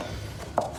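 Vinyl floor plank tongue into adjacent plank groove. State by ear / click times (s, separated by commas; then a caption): seated / 0.6 s. A luxury vinyl floor plank is angled in at 45 degrees so its tongue enters the groove of the neighbouring plank, then laid down flat to lock. A single sharp snap is heard at 0.6 s over low background noise, and the plank is seated and locked in place.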